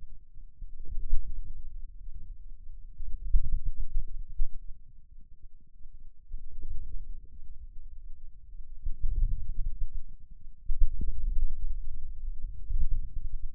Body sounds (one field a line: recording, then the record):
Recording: forearm muscle sounds (acoustic myography)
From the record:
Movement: inward rotation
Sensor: system 2, bracelet of six BSWA MPA416 microphones around the upper forearm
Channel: 1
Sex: male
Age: 22 years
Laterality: right